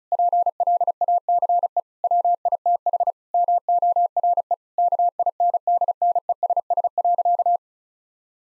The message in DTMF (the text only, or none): none